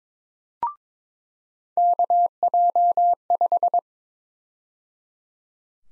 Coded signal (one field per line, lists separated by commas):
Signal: Morse code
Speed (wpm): 22 wpm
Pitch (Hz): 700 Hz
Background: none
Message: KJ5